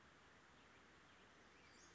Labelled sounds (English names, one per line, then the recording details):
Western Flycatcher
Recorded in Sonoma County, California